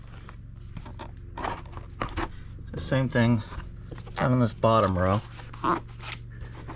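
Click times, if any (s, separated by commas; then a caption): none. A plastic bumper cover on a 2012–2013 Honda Civic facelift is handled, its bottom row being lined up onto the retaining tabs on the front support (bracket or grille assembly). Someone talks over light tapping and handling noises with a steady low hum underneath. Nothing has seated or clicked into place yet.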